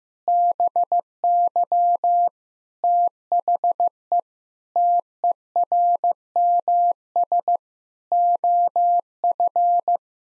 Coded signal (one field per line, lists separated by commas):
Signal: Morse code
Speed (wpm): 15 wpm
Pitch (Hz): 700 Hz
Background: none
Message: BY THE TERMS OF